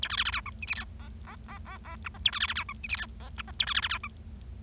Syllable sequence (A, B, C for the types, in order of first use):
A B C C D E F G H I I I I I J K A B C C D E F G H I J K A B C C D E